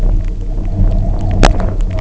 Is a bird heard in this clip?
no